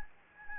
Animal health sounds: mosquito wingbeat signal from an infrared sensor; Anopheles gambiae

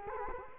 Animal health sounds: mosquito wingbeat signal from an infrared sensor; Culex quinquefasciatus

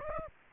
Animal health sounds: mosquito wingbeat signal from an infrared sensor; Aedes aegypti

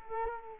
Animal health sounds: mosquito wingbeat signal from an infrared sensor; Culex quinquefasciatus

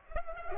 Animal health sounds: mosquito wingbeat signal from an infrared sensor; Culex pipiens

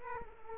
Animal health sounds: mosquito wingbeat signal from an infrared sensor; Culex quinquefasciatus

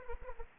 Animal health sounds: mosquito wingbeat signal from an infrared sensor; Anopheles arabiensis

